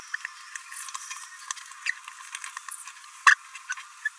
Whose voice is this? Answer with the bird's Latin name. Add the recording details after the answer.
Forpus passerinus. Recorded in a nest box in Venezuela. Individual 18B17A3